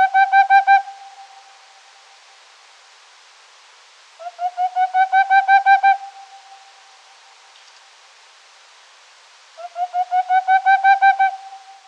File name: koconogi-cuk aegolius-funereus pmsl-ttrilar